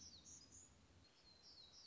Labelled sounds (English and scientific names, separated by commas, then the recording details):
Black-throated Gray Warbler (Setophaga nigrescens)
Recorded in Sonoma County, California